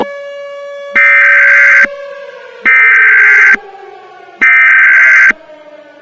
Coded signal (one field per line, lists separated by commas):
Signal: Emergency Alert System (SAME) tones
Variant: header bursts